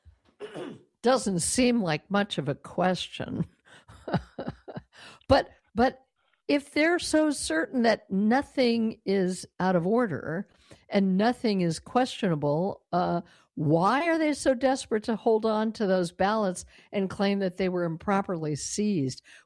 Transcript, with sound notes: doesn't seem like much of a question, (laughs) but, but if they're so certain that nothing is out of order and nothing is questionable, uh, why are they so desperate to hold onto those ballots and claim that they were improperly seized?